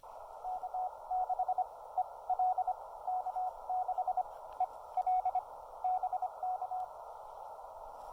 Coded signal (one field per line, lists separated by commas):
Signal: Morse code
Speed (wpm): 25 wpm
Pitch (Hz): 740 Hz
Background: radio noise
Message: K6EL K6EL BK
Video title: Activating Elk Knob State Park for SOTA, POTA, and WWFF with 5 watts and the CHA MPAS 2.0